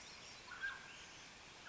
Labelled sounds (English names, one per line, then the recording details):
Mountain Quail
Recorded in Sonoma County, California